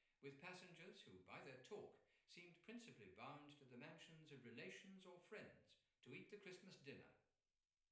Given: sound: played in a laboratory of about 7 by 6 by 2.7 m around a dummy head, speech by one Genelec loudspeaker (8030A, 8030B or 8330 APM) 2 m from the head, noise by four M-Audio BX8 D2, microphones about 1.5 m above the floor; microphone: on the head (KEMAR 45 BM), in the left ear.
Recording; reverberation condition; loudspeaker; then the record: male speech in English; medium; in front (0 degrees)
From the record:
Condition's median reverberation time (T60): about 510 ms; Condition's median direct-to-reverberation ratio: about -0.5 dB